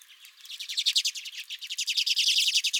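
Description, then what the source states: Redpoll flock calls, a fast run of dry twittering notes that grows louder and busier toward the end. Several redpolls at the recordist's own feeder.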